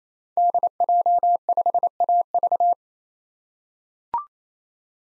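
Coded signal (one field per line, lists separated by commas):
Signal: Morse code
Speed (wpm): 28 wpm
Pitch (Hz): 700 Hz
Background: none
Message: DJ5AV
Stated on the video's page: Morse practice drill of common SOTA chaser call signs at 28 wpm; each call sent twice for head-copy.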